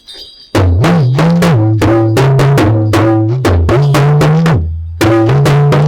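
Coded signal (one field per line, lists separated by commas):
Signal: talking drum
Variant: Yoruba dùndún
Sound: rapid low drum strokes whose pitch rises and falls, bending between tones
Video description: Discutindo o papel de Ìlù Dùndún, uma das famílias Yorùbá de tambor falante com Àyánlékè Onílù-Ayọ̀.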